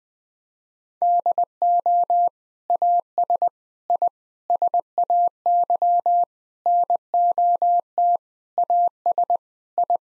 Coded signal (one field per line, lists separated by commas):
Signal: Morse code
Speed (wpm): 20 wpm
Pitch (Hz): 700 Hz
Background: none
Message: DO AS I SAY NOT AS I